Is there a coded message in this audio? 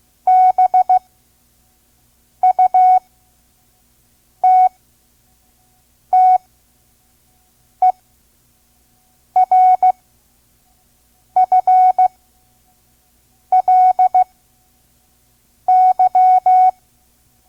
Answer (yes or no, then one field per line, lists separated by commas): yes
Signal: Morse code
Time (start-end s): 0.3-16.7 s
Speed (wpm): 15 wpm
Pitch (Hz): 740 Hz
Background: none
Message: BUTTERFLY